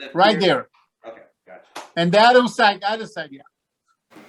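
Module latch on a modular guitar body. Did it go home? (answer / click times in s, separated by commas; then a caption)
released / 1.8 s. Someone talks while a latch on a Boaz One modular plastic guitar body is lifted at its click point to release a swappable module. A sharp click sounds at 1.8 s as the latch opens, and the talking continues as attention moves to the latch on the other side.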